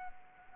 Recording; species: mosquito wingbeat signal from an infrared sensor; Anopheles arabiensis